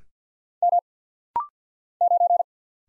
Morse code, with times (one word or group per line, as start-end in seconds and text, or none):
0.6-0.8 M
2.0-2.4 9